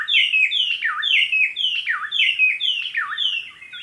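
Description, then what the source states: White-browed robin-chat delivering loud, clear whistled phrases, each swooping down then up, repeated in quick succession in a steady rolling series. Okavango Panhandle, 14 August 2015, 6:36 AM; song always different and seemingly coming from everywhere at once; mic placed outside a tent; Sound Devices 702 recorder with Sennheiser 418 stereo mic.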